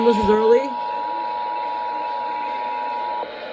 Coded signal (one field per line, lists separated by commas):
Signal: Emergency Alert System (SAME) tones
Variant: 853 and 960 Hz attention tone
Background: speech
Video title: MN RMT SNOW DAY EAS 1725-1731